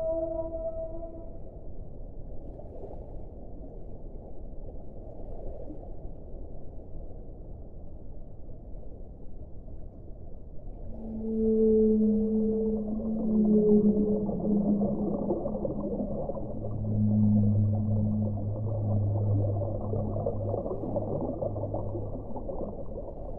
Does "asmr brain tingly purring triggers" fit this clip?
no